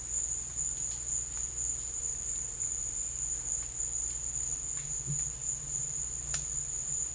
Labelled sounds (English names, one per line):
none